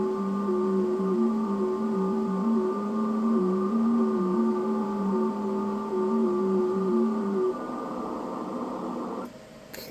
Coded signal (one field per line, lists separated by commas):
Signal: FT8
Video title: Ftdx3000 ham radio 12 days of qrz ft8 operation